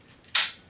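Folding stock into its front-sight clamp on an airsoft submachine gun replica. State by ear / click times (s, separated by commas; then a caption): seated / 0.4 s. The folding wire stock of an airsoft Skorpion submachine gun replica is swung up over the front sight and snaps into its folded lock. After near silence, a single sharp, bright click lands at 0.4 s and fades quickly. The stock is seated, clamped in its folded position.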